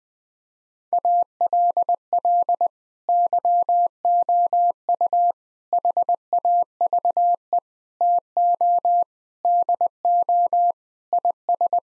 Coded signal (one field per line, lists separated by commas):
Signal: Morse code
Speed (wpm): 21 wpm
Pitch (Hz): 700 Hz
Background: none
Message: ALL YOU HAVE TO DO IS